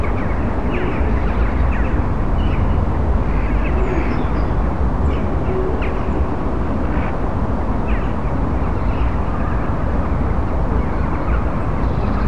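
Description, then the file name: Many jackdaws uttering brief, abrupt chack notes at uneven intervals, some overlapping, with a continuous deep roar of background noise underneath. A flock of jackdaws. "a murder of jackdaws"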